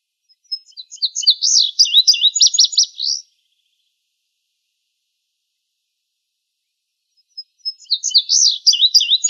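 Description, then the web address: Indigo bunting song: a bright, high-pitched run of paired, buzzy-sweet notes lasting a few seconds, then silence before the next phrase starts. Recorded in Arizona. "Grosbeaks Buntings. Deviche"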